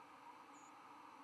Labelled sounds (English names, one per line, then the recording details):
White-throated Sparrow flight call
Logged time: 04:53 on 11 November 2014